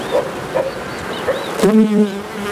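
Bee buzzing, a low hum that starts after a few faint chirps.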